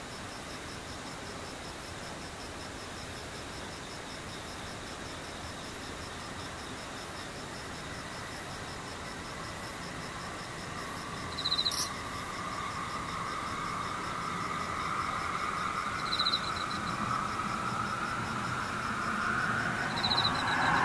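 Insects trill steadily throughout, a thin, high, rapidly pulsing buzz that never lets up. From about the midpoint a vehicle approaches, its rushing hum swelling louder toward the end. Brief sharp chirps break in near 12, 16 and 20 seconds.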